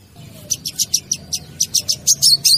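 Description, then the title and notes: Bird song: a quick run of bright, high chirps, about a dozen short notes in under three seconds, getting louder toward the end, over a faint low hum. Ringtone of a bird with a melodious voice. "Burung Dengan Suara Merdu"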